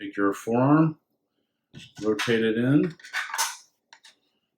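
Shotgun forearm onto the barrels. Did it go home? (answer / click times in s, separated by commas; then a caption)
yes / 3.9 s. Someone talks as the forearm of a double gun is rotated onto the barrels and pushed into place. A sharp click at 3.9 s marks the forearm latching, and it is seated and locked in place.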